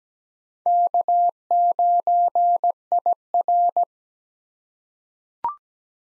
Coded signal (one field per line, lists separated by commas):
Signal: Morse code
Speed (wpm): 17 wpm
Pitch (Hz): 700 Hz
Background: none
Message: K9IR